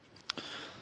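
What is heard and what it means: A repaired 6-pin wiring loom connector block from a Honda Hornet motorcycle is pushed onto its mating connector block and latches with a small, sharp click at 0.3 s, so the connector is seated. A faint tick comes just before it, and a softer, longer rustle follows at about 0.4 s.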